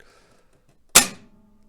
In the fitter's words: that's the snap okay everything snaps into place try it again here